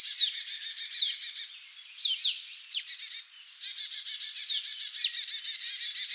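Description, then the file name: Marsh tit calling with bright, quickly falling high notes and a few level whistled notes, set against a continuous fast chittering of high chirps. "Poecile palustris"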